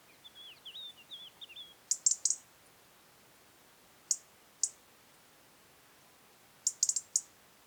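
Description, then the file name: European robin giving sharp, clicking tick calls, singly and in quick clusters of up to four or five, preceded by a soft, thin warbling phrase at the start. "Erithacus rubecula"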